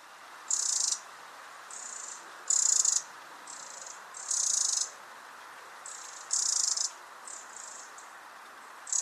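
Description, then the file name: Eurasian wren giving a series of short, sharp, high rattling bursts at irregular intervals, with quieter ticks in between and steady background hiss. "Troglodytes troglodytes"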